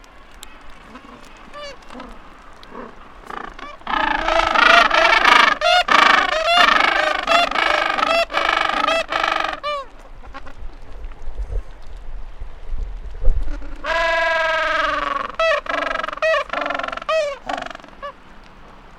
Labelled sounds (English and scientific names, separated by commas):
Gentoo Penguin (Pygoscelis papua) call